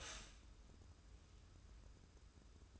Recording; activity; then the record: daily activity, microphone in the room; stop toaster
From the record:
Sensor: 2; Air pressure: 994.4 hPa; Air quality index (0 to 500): 205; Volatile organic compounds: 1000 ppm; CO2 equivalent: 6736 ppm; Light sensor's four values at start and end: 137/326/138/143 and 137/326/138/143